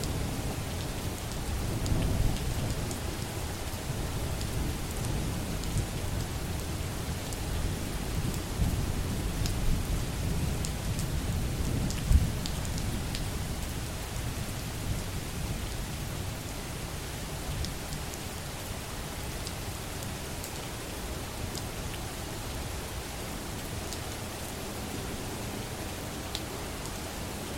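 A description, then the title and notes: Steady rain falls throughout, a dense, even hiss with scattered sharper drops tapping. A low rumbling undertone swells in the first half, loudest around ten to twelve seconds, then eases into a calmer, uniform patter. Peaceful Rain Sound, Rain Ambience. Rain soundscapes.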